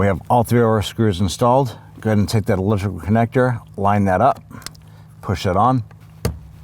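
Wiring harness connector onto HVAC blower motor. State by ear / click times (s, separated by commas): seated / 6.2 s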